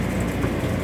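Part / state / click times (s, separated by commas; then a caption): white wire connector in RV roof vent fan wiring / not seated / none. A white wire connector is pushed in by hand while rewiring an RV roof vent fan, the second connection after the first one is done. Only a steady low rumble and broadband noise at an even level is heard, with no sharp transients. Nothing has seated or clicked yet.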